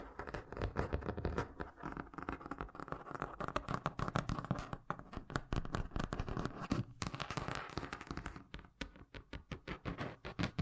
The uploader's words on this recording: ASMR Braingasm Inducing Fast Tapping (No Talking).